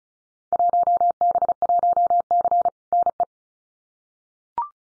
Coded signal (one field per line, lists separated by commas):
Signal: Morse code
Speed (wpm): 36 wpm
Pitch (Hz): 700 Hz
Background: none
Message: 1B1C NE